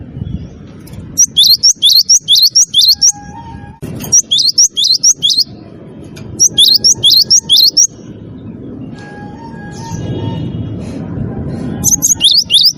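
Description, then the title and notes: Bird song of rapid high chirped phrases in several bursts of about a second, with long gaps of low background noise and a faint lower whistle between. Melodious bird sound used as a phone ringtone. "ND Burung. Nada Dering Burung Dengan Suara Merdu"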